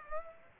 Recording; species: mosquito wingbeat signal from an infrared sensor; Aedes aegypti